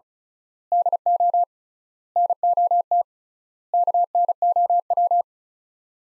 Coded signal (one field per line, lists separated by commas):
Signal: Morse code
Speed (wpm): 36 wpm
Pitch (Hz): 700 Hz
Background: none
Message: DO NOT KNOW